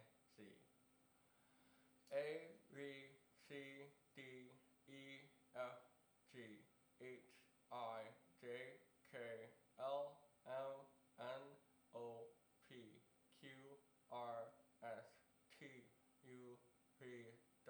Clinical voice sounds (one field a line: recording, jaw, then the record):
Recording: letters of the alphabet, spoken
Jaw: constrained by a bite bar between the teeth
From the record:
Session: first day, right after the free take